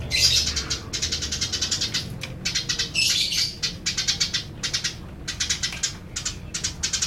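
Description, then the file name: Eurasian tree sparrow giving a fast, dry chatter of rapid high notes in repeated bursts separated by brief pauses, with a low steady hum underneath. Tame bird giving long, drawn-out chattering (nyrecet). "burung gereja om kicau jinak nyrecet panjang panjang"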